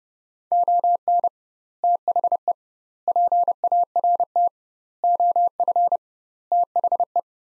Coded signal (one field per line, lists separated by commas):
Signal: Morse code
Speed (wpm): 31 wpm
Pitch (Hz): 700 Hz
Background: none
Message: ON THE PART OF THE